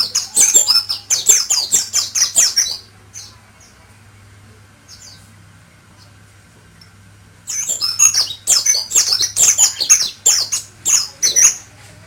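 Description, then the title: White-eye song, fast high twittering phrases, a long pause with only a low hum, then another vigorous run of chirps and trills. Pleci 'Mr. Kebo', Malang, East Java, Indonesia. "Pleci Mr. Kebo Malang - Jawa Timur"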